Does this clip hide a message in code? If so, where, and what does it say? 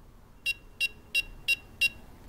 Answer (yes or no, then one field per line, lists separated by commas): no